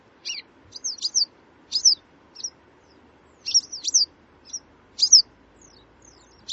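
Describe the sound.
Bird chirps, high and thin, in irregular short bursts of a few quick notes with brief pauses.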